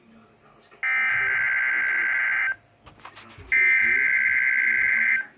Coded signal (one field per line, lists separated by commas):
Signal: Emergency Alert System (SAME) tones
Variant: header bursts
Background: speech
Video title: (EAS) Required Weekly Test